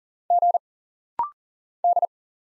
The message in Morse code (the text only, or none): G D